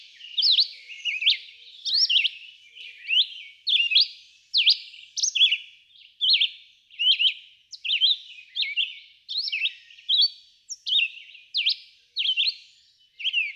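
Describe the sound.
Red-eyed vireo song of short, slurred whistles, phrase after phrase, repeated roughly every second with varied shapes.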